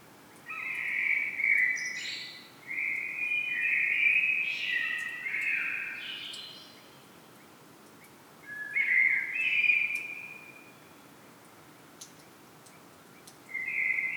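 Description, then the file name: Common blackbird song: several mellow warbling phrases, some with higher squeaky flourishes, separated by pauses, with another phrase starting at the end. "Turdus merula"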